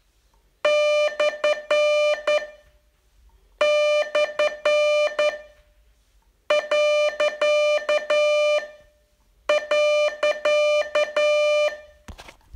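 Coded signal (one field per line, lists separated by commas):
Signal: Morse code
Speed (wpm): 10 wpm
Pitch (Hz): 600 Hz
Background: none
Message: / / . .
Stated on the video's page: Morse code training lesson, day 38 of a 42-day course.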